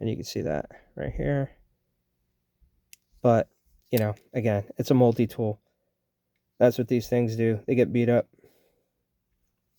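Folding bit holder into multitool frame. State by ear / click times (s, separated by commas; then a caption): seated / 2.9 s. The folding bit holder of a steel multitool is swung closed, sliding slightly over the frame, which it scratches, and locking onto a small detent with a single click at 2.9 s. Someone talks before and after the click.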